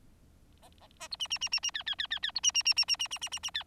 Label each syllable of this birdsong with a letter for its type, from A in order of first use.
A A A B C C C C C D D D D D B C C C C C C C C C C D